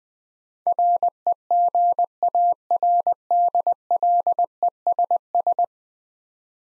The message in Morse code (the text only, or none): REGARDLESS